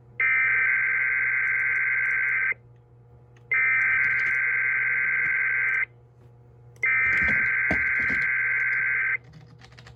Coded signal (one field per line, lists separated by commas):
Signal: Emergency Alert System (SAME) tones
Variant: header bursts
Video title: (For Piggy Porkchop) EAS 1123: NWS Twin Cities RWT